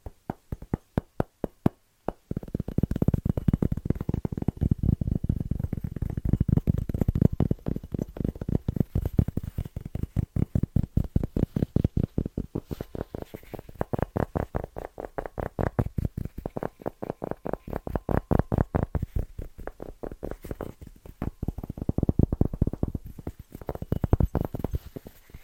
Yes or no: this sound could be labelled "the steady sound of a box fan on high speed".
no